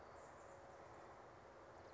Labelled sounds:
Chestnut-backed Chickadee
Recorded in Sonoma County, California

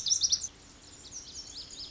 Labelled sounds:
Lazuli Bunting
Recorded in Sonoma County, California

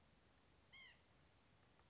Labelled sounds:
White-breasted Nuthatch
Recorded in Sonoma County, California

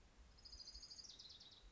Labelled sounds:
Orange-crowned Warbler
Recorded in Sonoma County, California

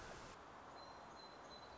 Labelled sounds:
Song Sparrow
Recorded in Sonoma County, California

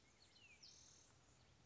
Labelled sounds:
Anna's Hummingbird
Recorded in Sonoma County, California

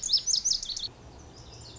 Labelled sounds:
Lazuli Bunting
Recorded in Sonoma County, California

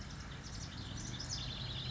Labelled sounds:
House Wren
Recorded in Sonoma County, California

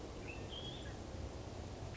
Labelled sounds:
Red-winged Blackbird
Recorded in Sonoma County, California

